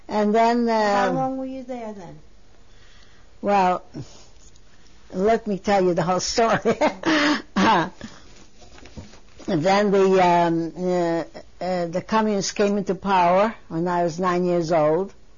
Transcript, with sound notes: And then--
How long were you there then?
Well, let me tell you the whole story. (she laughs) Then the Communists came into power, when I was nine years old.